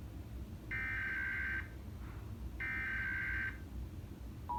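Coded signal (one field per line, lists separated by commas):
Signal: Emergency Alert System (SAME) tones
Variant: header bursts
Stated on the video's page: National EAS test relayed in English and Spanish by FM and TV broadcast stations; some relays repeated the SAME headers up to three times.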